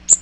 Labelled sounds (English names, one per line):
Magnolia Warbler flight call